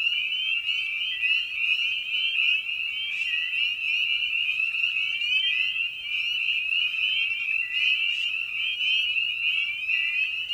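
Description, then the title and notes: Spring peeper chorus of many overlapping high peeps, forming an unbroken piercing ring with a few louder individual calls standing out. Evening at a frog pond. "Episode 5: Night of the Peepers. Spring Peeper (Pseudacris crucifer). Ian Carlsen"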